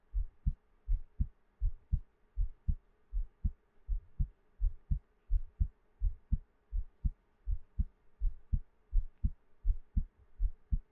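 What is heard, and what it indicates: Steady paired low thumps, a lub-dub pattern at about 82 beats a minute, with a faint hum behind them. This is an adult heartbeat heard up close, with no talking.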